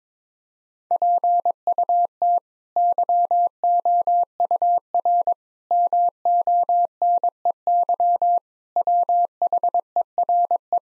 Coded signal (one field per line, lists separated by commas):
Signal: Morse code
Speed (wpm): 22 wpm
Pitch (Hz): 700 Hz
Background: none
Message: PUT YOUR MONEY WHERE